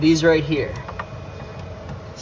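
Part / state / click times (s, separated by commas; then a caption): simulator cable connector into surgeon console port / seated / 1.0 s. Someone talks while a da Vinci simulator cable connector, aligned by its red lines, is pushed gently into the surgeon console port. A single sharp click is heard at 1.0 s, and the connector seats.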